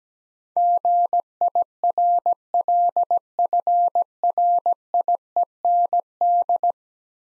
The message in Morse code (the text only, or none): GIRLFRIEND